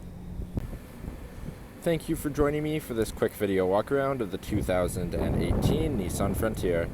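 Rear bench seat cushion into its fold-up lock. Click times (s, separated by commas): 0.6 s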